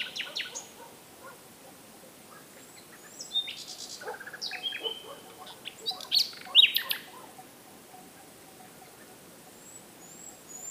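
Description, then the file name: Common nightingale giving a quieter, scattered phrase of chirps and whistles, loudest near the middle, between stretches of near silence. "Luscinia megarhynchos"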